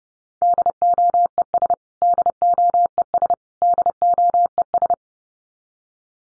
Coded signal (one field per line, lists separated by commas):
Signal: Morse code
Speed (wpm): 30 wpm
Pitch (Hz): 700 Hz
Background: none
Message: DOES DOES DOES